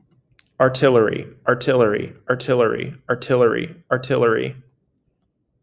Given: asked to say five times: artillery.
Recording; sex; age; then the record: repeated word; male; 20 to 29 years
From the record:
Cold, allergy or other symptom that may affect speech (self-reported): no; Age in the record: 24 years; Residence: Massachusetts, United States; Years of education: 14